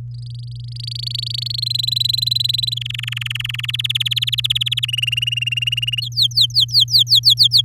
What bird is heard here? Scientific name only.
Serinus canaria